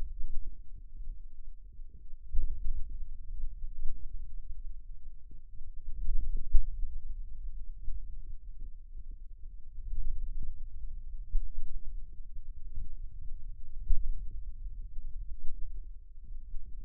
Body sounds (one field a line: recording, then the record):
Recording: forearm muscle sounds (acoustic myography)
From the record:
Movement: pen grasping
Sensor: system 2, bracelet of six BSWA MPA416 microphones around the upper forearm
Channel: 1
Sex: male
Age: 22 years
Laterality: right